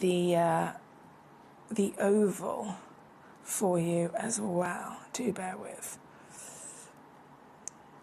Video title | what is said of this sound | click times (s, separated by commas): Gemcollector Live Stream | There we go. Oh, that was nice and easy. It did a proper click. | 7.7 s